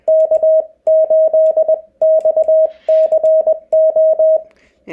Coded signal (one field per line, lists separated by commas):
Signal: Morse code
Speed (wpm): 20 wpm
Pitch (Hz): 630 Hz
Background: none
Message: K8XCO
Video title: Activating POTA - how to get started